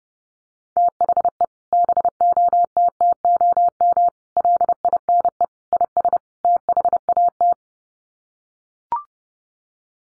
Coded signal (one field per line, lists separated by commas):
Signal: Morse code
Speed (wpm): 30 wpm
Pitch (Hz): 700 Hz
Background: none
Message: THE BOTTOM LINE IS THAT